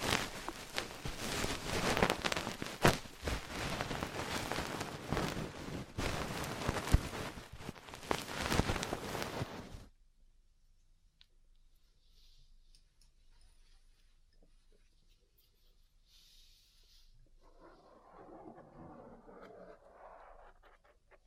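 Dense crackling, rubbing and tapping from ear cleaning and massage fill the first ten seconds, then stop abruptly, leaving faint scattered rustles.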